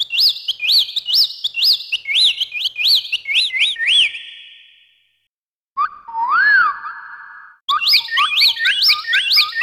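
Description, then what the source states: Bird calls: a quick series of high, arched whistled notes about two per second, a short pause, one lower drawn-out whistle, then the rapid high series resumes. Australia.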